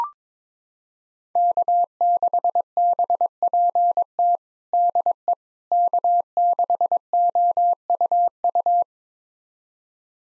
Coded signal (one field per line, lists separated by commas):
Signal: Morse code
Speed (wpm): 22 wpm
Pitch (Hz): 700 Hz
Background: none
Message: K6BPT DE K6OUU